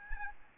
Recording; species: mosquito wingbeat signal from an infrared sensor; Aedes albopictus